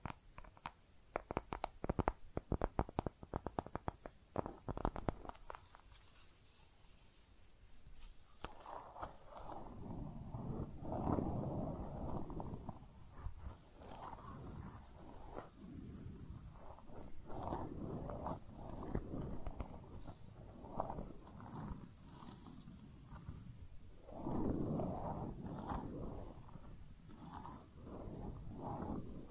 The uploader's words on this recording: ASMR Makeup Tapping & Scratching Sounds (No Talking).